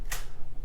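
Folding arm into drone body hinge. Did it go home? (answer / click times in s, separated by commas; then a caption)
yes / 0.1 s. A hinged plastic arm on a small foldable Holy Stone HS280 FPV drone is unfolded into the drone body's hinge until it locks open. A sharp click is heard at 0.1 s, and the arm seats firmly in place.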